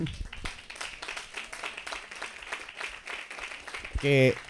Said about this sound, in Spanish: Un aplauso, por favor.